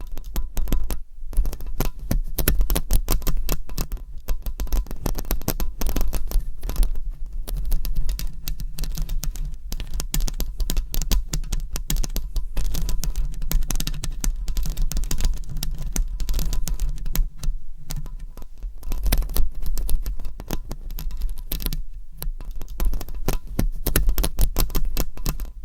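Dense, rapid scratching right against a microphone, a close, crackly stream of tiny clicks that runs almost without pause. A steady low hum sits underneath throughout, and the scratching briefly thins or stops around the one-, seventeen- and twenty-two-second marks.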